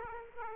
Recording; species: mosquito wingbeat signal from an infrared sensor; Aedes aegypti